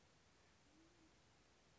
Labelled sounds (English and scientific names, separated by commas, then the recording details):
Band-tailed Pigeon (Patagioenas fasciata)
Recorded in Sonoma County, California